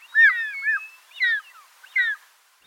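Short-toed Snake-Eagle calling, three clear whistled phrases of slurred, wavering notes, the first longest, each separated by brief pauses.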